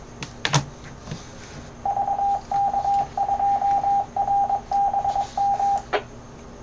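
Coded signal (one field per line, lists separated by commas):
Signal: Morse code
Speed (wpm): 22 wpm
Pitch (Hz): 800 Hz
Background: none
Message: VK2RBM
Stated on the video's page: 70 cm net, captured live.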